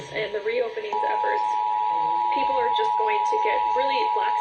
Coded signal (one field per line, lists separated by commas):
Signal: Emergency Alert System (SAME) tones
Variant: 853 and 960 Hz attention tone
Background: speech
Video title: EAS: Pennsylvania Required Monthly Tests (7/16/20)(EAS #421-429)